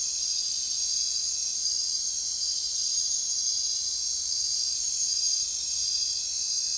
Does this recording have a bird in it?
no